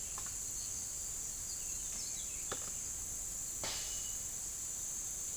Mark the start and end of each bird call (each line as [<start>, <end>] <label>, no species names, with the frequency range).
[1.31, 2.56] bird call (1.8-5.9 kHz)
[3.59, 4.15] bird call (0.6-6.1 kHz)